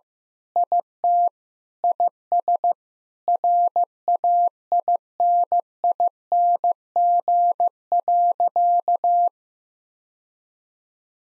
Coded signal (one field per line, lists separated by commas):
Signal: Morse code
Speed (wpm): 15 wpm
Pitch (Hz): 700 Hz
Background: none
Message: IT IS RAINING.